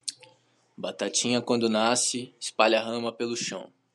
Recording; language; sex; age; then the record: short text; Brazilian Portuguese; male; 18 to 19 years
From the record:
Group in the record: control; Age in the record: 18 years